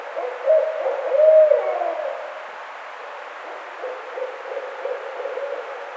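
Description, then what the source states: Barred owl hooting: a few loud, low, slightly drawn-out hoots in the first two seconds, then a fainter, softer run of hoots toward the end. Recorded 4 May 2009.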